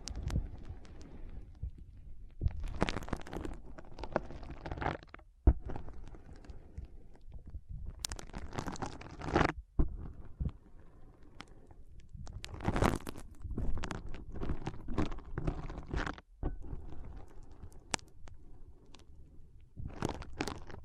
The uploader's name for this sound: ASMR Powerful Foam Brain Massage